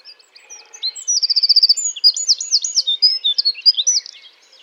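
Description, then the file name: Eurasian wren song: a loud, high, rapid outpouring of sharp notes and fast even trills, tumbling on for several seconds. "Troglodytes troglodytes"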